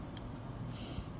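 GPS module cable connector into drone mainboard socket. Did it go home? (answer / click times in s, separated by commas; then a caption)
yes / 0.2 s. The new GPS module's small ribbon cable connector is pressed into its board socket inside a DJI Mini 2 drone. A short, sharp pop is heard at 0.2 s over a steady low background hum, showing the connector has seated and should be all good.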